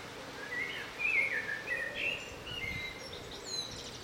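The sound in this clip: Bird song: a lively run of high twittering and slurred whistles throughout, over a background of hiss.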